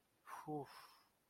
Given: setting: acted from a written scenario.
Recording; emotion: vocal sound without words; distress